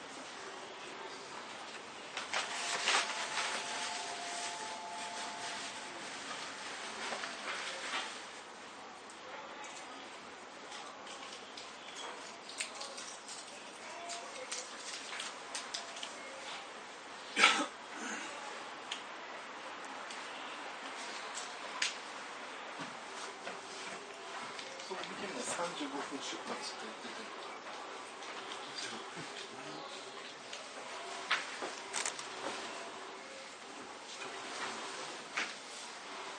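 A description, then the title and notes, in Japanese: A JR E231 series train on the run between Ito and Yokohama, with a steady rattling rumble throughout and a faint whining tone that wavers at times. Murmured voices drift underneath, and a sharp knock stands out around seventeen seconds, with lighter clicks later. JRE231系 伊東〜横浜。区間は伊東線→東海道線です。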